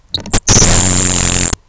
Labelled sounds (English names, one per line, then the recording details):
Grasshopper Sparrow
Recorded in Sonoma County, California